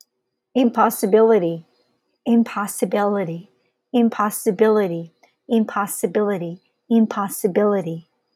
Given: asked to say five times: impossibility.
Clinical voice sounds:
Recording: repeated word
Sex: female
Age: 40 to 49 years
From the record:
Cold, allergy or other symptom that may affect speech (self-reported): no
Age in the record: 41 years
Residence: Hawaii, United States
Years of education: 16

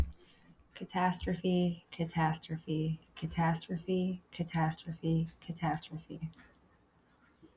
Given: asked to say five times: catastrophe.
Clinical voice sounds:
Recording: repeated word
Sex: male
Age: 30 to 39 years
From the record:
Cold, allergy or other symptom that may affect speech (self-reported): no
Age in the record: 31 years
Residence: Virginia, United States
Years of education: 12

